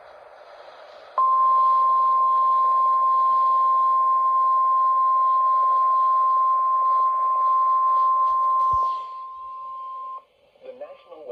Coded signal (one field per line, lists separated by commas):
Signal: Emergency Alert System (SAME) tones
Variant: 1050 Hz attention tone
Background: speech